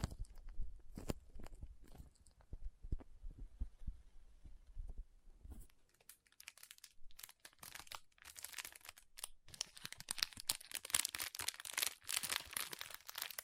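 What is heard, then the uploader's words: Soft, squishy, sticky sounds fill the first five seconds as scattered low taps and presses. Around six seconds it shifts to bright, crisp crinkling and crunchy cutting that grows denser and busier toward the end, with rapid irregular bursts. Soft Squishy Sticky, Crinkle, Cutting Sounds.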